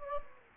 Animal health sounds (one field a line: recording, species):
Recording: mosquito wingbeat signal from an infrared sensor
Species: Anopheles gambiae